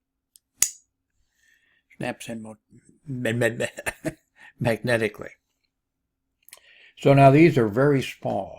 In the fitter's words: I could do that over here so you could hear it snaps